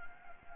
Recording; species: mosquito wingbeat signal from an infrared sensor; Anopheles gambiae